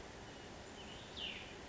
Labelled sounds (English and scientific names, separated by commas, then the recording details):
Cassin's Vireo (Vireo cassinii)
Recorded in Sonoma County, California